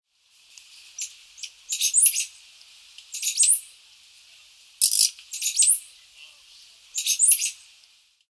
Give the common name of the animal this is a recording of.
Common Squirrel Monkey